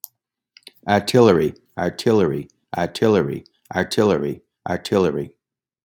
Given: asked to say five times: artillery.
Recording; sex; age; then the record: repeated word; male; 60 to 69 years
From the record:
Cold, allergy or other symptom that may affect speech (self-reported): no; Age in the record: 65 years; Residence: Massachusetts, United States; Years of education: 13